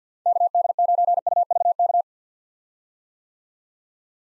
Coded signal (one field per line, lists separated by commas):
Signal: Morse code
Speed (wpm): 50 wpm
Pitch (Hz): 700 Hz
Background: none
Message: KD9UVK